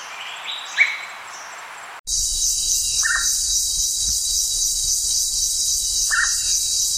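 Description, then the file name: Gurney's pitta calling with two short, slurred notes about three seconds apart after a brief burst of high chirps, under a loud steady insect drone. "hydrornis gurneyi"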